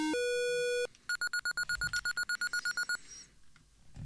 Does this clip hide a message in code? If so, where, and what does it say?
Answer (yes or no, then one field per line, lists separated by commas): no